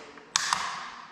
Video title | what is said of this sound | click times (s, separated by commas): I Left Brock at the Farm Alone! | snap it into place | 0.4 s